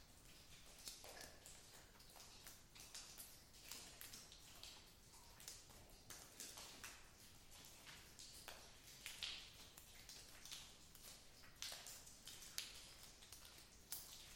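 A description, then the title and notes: Inside a lava cave, sharp, bright taps and clicks come steadily but irregularly, like footsteps or scraping on rock, several each second. Some stand out louder, around nine and twelve seconds, over a thin, quiet hiss with little low rumble. At 2.5 miles Ape Cave is the longest continuous lava tube in the contiguous United States, and the third longest in North America. From time to time I like to venture in and record all night (to avoid the disturbance of other hikers during the day). In November 2019 I returned for another night of hiking and recording.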